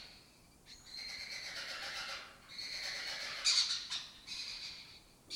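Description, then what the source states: Lesser kestrel calls, long harsh chattering rasps running almost continuously with short pauses. Colony breeding in an abandoned building complex in Doñana, southern Europe; migratory species foraging in West Africa.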